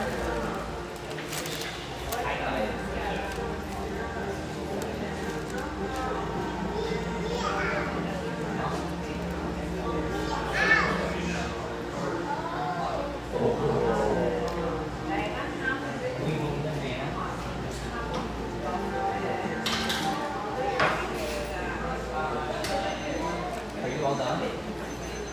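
A cafe in Portland's Grant Park neighborhood, full of overlapping conversation that never stops. Voices blend into a steady murmur over a low hum, with occasional sharp clinks of dishes and cups, a louder clatter near the ten-second mark.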